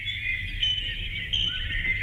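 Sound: birds chirping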